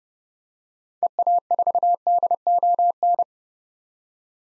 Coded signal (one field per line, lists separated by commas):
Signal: Morse code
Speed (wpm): 30 wpm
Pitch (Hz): 700 Hz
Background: none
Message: EA4DON